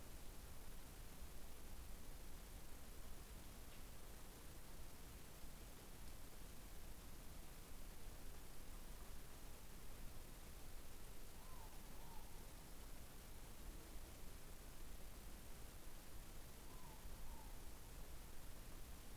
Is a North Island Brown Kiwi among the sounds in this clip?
no